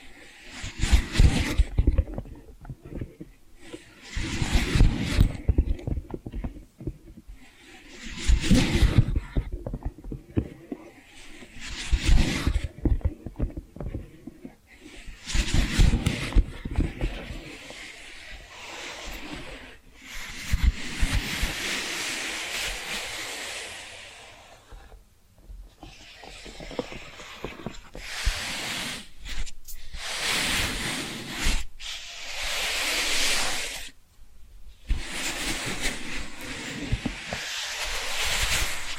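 Tapping and scratching come in bursts of a few seconds each, separated by short near-silent gaps, with quieter spells around 1, 15, 25 and 34 seconds. The scratching is bright and hissy, while dense, rapid low taps and rubs run underneath through most bursts.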